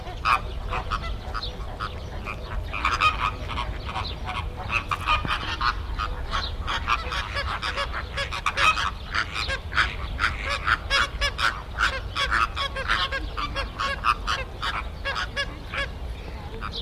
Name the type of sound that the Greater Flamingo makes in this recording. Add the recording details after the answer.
aggressive call. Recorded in captivity. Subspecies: roseus. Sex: group. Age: adult. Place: Tierpark Berlin, Berlin, DE. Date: 1978-04-10 12:17. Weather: sunny, 14°C. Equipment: Uher 4200 Report Stereo, Sennheiser MD 421 HL, Verstärker. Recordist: Tembrock, Günter